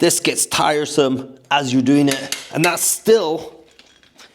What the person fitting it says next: And that's still not in.